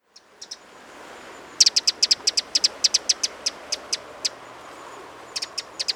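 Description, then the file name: Eurasian wren giving sharp, high ticking calls: a few at the start, a long run of many dry clicks, then a pause and a shorter burst, over soft background hiss. "Troglodytes troglodytes"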